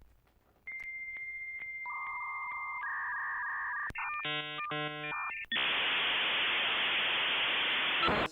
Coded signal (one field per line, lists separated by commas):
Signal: dial-up modem handshake